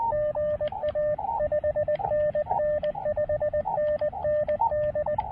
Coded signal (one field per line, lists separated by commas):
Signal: Morse code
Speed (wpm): 19 wpm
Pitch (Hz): 600 Hz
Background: radio noise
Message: GA 5NN 5NN D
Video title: A Low-Profile, Low-Impact POTA Activation at Myrtle Beach State Park!